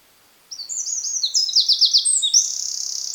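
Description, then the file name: Eurasian wren song, high piercing notes building into a fast, ringing trill, loud against a silent background. "Troglodytes troglodytes"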